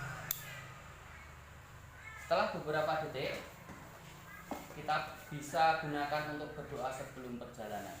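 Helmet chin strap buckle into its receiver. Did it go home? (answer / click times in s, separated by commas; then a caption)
yes / 0.3 s. A plastic side-release helmet chin-strap buckle, wired to a riding safety kit, is fastened into its receiver and clicks shut at 0.3 s with a sharp, short hit. Someone talks through the rest of the clip. The buckle is seated.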